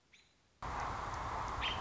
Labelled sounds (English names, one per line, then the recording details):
American Robin
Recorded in Sonoma County, California